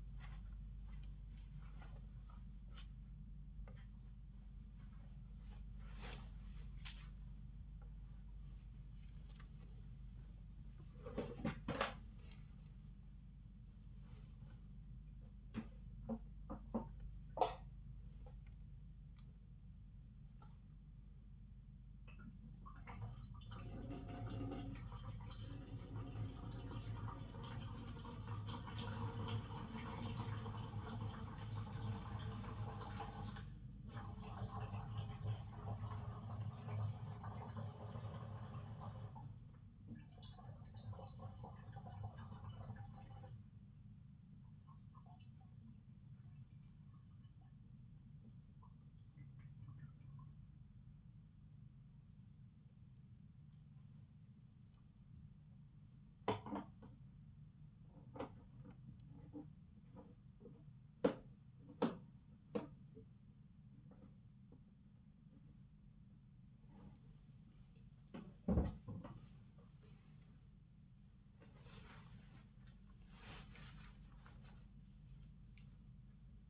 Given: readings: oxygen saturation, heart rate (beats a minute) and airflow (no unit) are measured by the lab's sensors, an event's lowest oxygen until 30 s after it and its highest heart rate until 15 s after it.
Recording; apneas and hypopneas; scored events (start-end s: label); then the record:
a person awake in a sleep study, by a smartphone at the bedside; none
0.00-76.50 s: awake
From the record:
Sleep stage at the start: awake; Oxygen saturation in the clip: 94 to 97%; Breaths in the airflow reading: 24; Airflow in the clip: -9.4 to 12.8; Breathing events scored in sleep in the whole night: 270 in 6.1 hours asleep